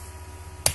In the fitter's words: your snaps to make sure that they snap easily,